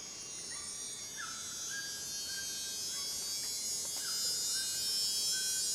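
Cicadas giving a dense, steady high-pitched buzzing drone that swells slightly, with soft whistled bird notes underneath.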